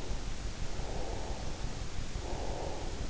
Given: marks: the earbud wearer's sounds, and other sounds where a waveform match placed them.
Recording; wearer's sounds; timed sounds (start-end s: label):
sounds in sleep by an in-ear microphone; breath
0.75-3.01 s: breath